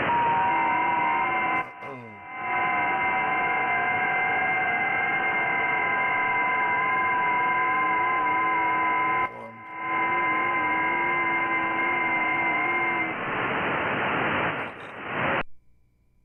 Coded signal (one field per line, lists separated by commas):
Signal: FT8